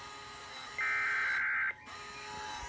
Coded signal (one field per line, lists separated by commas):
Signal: Emergency Alert System (SAME) tones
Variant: header bursts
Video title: AM/FM (EAS # 360) Required Monthly Test